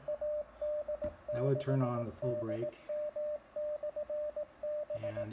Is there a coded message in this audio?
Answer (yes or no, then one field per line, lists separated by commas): yes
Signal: Morse code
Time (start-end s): 0.1-5.2 s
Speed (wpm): 18 wpm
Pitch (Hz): 600 Hz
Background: speech, radio noise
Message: AD6DM/B